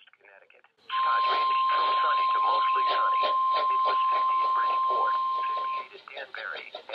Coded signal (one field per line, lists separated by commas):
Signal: Emergency Alert System (SAME) tones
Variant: 1050 Hz attention tone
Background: speech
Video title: NWR Required Weekly Tests (3/16/16)